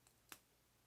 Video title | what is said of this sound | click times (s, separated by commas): Cheap Pen, Expensive Pen: Lamy Edition | which has a satisfying click when you close it. | 0.3 s